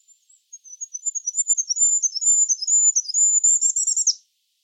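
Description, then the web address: Bird delivering one high, thin song phrase of quick alternating chirps that builds in loudness and finishes with a fast buzzy trill. "cianscape. Deverinetal 2025. Bird Only"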